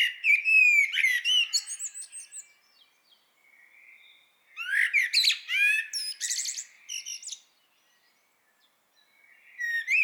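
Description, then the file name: Common blackbird song: low fluted, warbling phrases ending in high squeaky twitters, delivered in two main bursts with a quiet gap, and another phrase beginning at the end. "Turdus merula"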